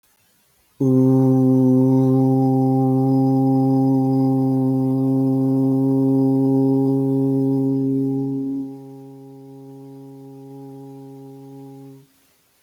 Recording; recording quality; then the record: sustained vowel as in boot; excellent, no background noise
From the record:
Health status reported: healthy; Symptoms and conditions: none ticked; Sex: male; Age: 22 years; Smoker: not ticked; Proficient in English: yes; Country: India